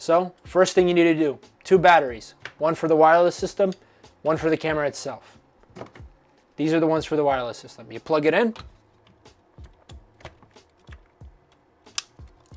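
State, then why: Seated. A battery for the wireless video system is plugged into its mount on the wireless transmitter while someone talks. After the talking stops, a few faint handling taps follow. A sharp click at 12.0 s shows the battery has seated securely.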